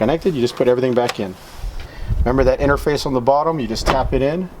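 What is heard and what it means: Someone talks while handling the interface piece on the bottom of an Auxbeam 7000-lumen LED headlight, getting ready to tap it into the headlight housing. Nothing has seated or clicked yet.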